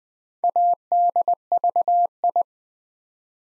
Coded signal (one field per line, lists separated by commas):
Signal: Morse code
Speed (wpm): 20 wpm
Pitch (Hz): 700 Hz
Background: none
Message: ADVI